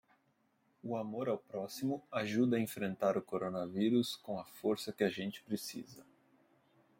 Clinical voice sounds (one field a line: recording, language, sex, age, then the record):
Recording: spoken sentence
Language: Brazilian Portuguese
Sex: male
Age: 30 to 39 years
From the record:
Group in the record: control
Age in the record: 36 years